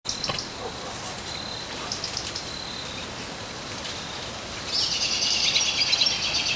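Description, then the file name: European goldfinch twittering, a few scattered high chirps and then a dense burst of rapid high notes near the end, with a thin steady whine early on. "Carduelis carduelis"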